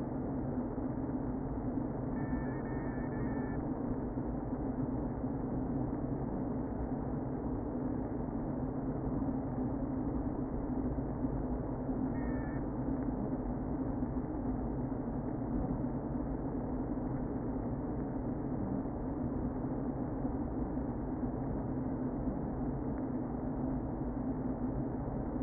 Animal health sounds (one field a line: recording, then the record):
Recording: honeybee colony, microphone inside the hive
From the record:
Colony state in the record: queen present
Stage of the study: before two queens were removed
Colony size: about 60,000 bees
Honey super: yes